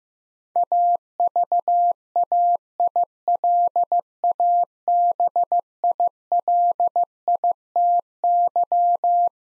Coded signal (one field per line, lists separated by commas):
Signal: Morse code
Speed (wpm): 15 wpm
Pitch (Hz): 700 Hz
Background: none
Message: AVAILABILITY